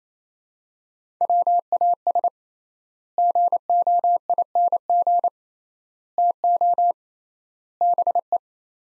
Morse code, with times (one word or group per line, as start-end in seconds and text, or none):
1.2-2.3 WAS
3.2-5.3 GOING
6.2-6.9 TO
7.8-8.4 BE